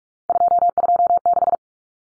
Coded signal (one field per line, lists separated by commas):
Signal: Morse code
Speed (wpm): 44 wpm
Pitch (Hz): 700 Hz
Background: none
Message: 226